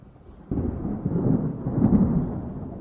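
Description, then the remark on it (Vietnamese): A deep, rumbling thunder crash, announcing an imminent rain shower, breaks in suddenly after a quiet moment, then rolls on as a heavy, sustained low roar that swells slightly before the end. “Tiếng sấm nổ báo hiệu một trận mưa rào sắp được đổ xuống.”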